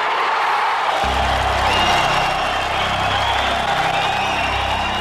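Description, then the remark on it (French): East German refugees at the West German embassy in Prague erupt in joyful cheering after being told their exit from the GDR has been granted, a dense, sustained roar of many voices with scattered higher shouts, loud and continuous throughout, with a low rumble joining after the first second. “Des cris de joie, des rires, des pleurs, c'est la libération.”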